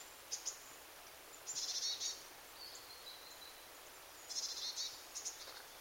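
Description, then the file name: Eurasian blue tit calling with two high buzzy churring bursts and a thin, slightly descending whistled note between them, over quiet hiss. "Cyanistes caeruleus"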